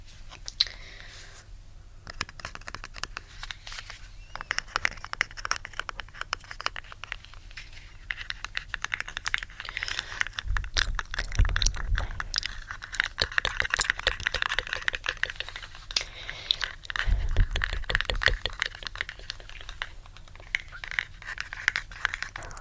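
Gentle tapping and soft mouth sounds, with rapid clicky tk-tk bursts and crinkly textures scattered throughout. Dense runs of quick taps cluster around the middle and again near seconds 17 to 18, where a low thumping swell rises underneath.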